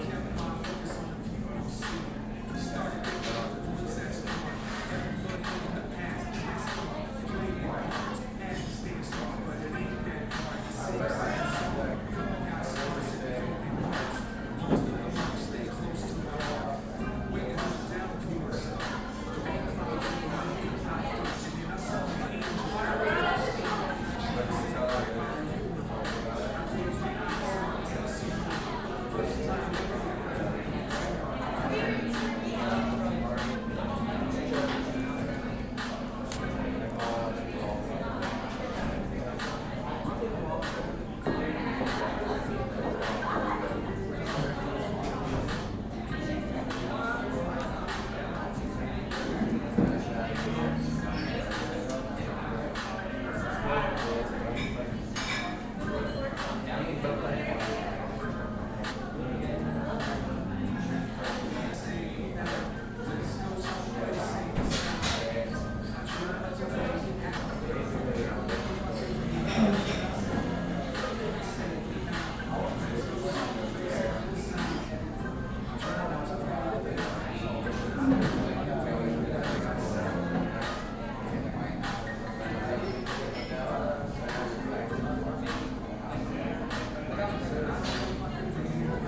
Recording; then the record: background sound without coughing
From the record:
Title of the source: 60 minutes of coffee shop sounds for study and concentration